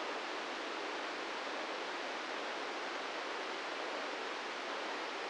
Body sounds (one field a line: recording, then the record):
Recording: brain microelectrode recording played as sound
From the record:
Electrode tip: inside the subthalamic nucleus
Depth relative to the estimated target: -2 mm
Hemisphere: left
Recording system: NeuroSet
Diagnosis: Parkinson's disease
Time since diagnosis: 13 years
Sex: male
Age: 66 years